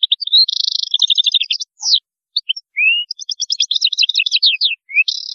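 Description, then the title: European goldfinch song, a fast jumble of tinkling notes, buzzy trills and a few rising slurred whistles. "Chant Chardonneret"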